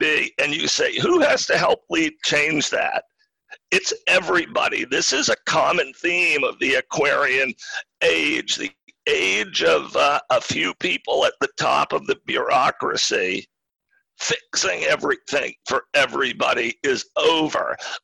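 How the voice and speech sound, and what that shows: An adult man speaks in choppy bursts with a strained, creaky, rough voice, frequent voice breaks and drawn-out sounds. This fits spasmodic dysphonia, a rare neurological voice disorder in which the throat muscles spasm, squeeze and contract when he talks, making speaking more difficult; onset was in 2010.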